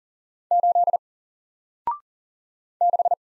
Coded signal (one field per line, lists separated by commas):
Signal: Morse code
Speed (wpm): 40 wpm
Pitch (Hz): 700 Hz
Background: none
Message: 8 6